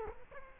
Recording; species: mosquito wingbeat signal from an infrared sensor; Culex quinquefasciatus